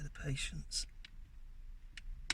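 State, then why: Seated. A person talks briefly while working an interior lamp unit, with its bulb already fitted, into its opening in a car's interior trim. After two faint ticks at about 1.0 and 2.0 seconds, a sharp click at 2.3 seconds marks the lamp snapping into place, seated.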